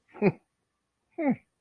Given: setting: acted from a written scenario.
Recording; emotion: vocal sound without words; realization